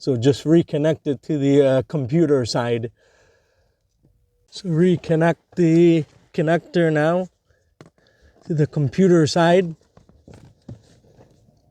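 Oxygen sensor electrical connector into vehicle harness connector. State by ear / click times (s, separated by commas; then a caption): seated / 7.8 s. On a 2015 Toyota Sienna FWD 3.5 V6, the plastic electrical connector of the downstream Bank 1 Sensor 2 oxygen sensor is pushed into the vehicle harness connector on the computer side while someone talks. A sharp, short click at 7.8 s marks the connector seating. A few faint ticks follow.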